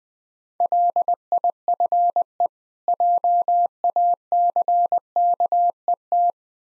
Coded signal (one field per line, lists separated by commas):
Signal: Morse code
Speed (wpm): 20 wpm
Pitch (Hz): 700 Hz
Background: none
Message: LIFE JACKET